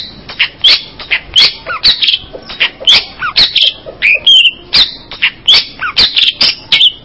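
Long-tailed shrike song: busy, varied phrases of high chips, short slurred whistles and scratchy notes delivered almost continuously.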